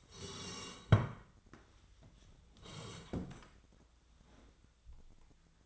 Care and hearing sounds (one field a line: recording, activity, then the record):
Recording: daily activity, microphone in the room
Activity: sit down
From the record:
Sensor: 3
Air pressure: 1012.3 hPa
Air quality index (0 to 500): 174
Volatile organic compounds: 3 ppm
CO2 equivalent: 1332 ppm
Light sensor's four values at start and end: 87/188/93/104 and 59/145/66/71